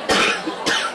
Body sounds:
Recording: coughing mixed with background sound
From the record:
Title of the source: 64 coughing, allergies, singing lungs

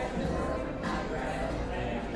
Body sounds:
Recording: background sound without coughing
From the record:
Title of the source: 60 minutes of coffee shop sounds for study and concentration

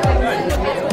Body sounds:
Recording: background sound without coughing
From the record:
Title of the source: Nightlife Party Simulating Party Club Noise 1 Hour

